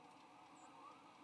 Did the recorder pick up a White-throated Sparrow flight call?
no